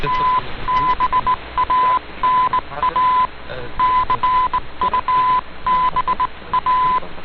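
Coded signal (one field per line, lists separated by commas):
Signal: Morse code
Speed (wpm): 18 wpm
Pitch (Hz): 1010 Hz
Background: radio noise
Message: TB ANA CUBA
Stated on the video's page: Morse heard on 15140 kHz during a Radio Havana Cuba shortwave broadcast, weak with QRM from Oman, received on Icom IC-R8600.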